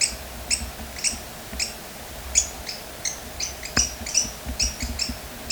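Bird calls, high sharp chirps in loose groups, one sudden broad click midway, over low background rumble.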